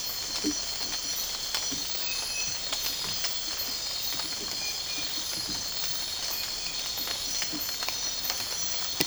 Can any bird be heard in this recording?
no